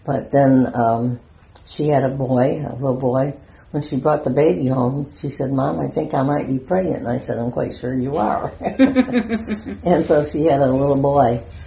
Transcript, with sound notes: But then she had a boy, a little boy, when she brought the baby home she said “mom I think I might be pregnant,” and I said, “I'm quite sure you are.” [giggle] And so she had a little boy